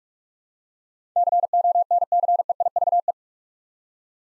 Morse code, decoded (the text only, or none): CONCEIVE